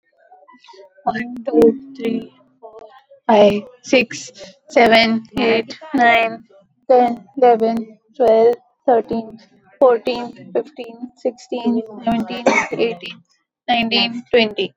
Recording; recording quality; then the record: counting at a normal pace; excellent, no background noise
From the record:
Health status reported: healthy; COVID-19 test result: not tested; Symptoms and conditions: none ticked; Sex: female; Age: 28 years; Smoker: not ticked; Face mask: not worn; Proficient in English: yes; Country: India